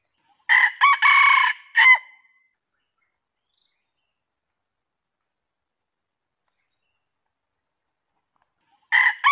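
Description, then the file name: Junglefowl crow, one complete harsh four-part crow followed by long silence and the start of another crow at the end. Male. "suara ayam hutan jantan durasi panjang"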